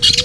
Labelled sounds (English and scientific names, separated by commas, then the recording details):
Brown-throated Parakeet (Eupsittula pertinax) contact call
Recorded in Venezuela
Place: Guárico; Corozopando; Fundo La Fe
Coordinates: 8.506, -67.593